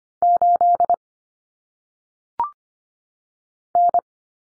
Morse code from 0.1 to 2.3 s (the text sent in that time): 8